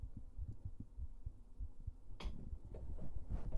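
Soft, low thumps repeat at a steady pace for about two seconds, in a pattern that fits an adult's heartbeat picked up by a microphone held close to the chest. Scraping and rubbing noise from the microphone being handled then partly covers the beats.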